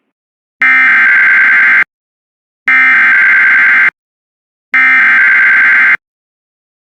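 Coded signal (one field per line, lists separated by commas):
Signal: Emergency Alert System (SAME) tones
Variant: header bursts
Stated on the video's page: A required weekly test and three Severe Thunderstorm Warnings on an internet stream.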